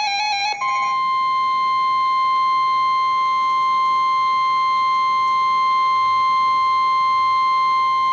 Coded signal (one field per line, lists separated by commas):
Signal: Emergency Alert System (SAME) tones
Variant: 1050 Hz attention tone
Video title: Severe T'storm Warning (EAS #384)